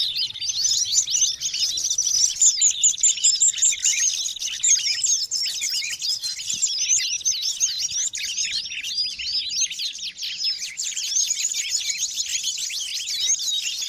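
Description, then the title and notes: Birds twittering together, a thick layer of quick, high-pitched chirps and trills that swells and dips but never stops. Noisy birds, used as a lure for bird trapping. "Master Burung Ribut Durasi Panjang. Burung Ribut Pikat"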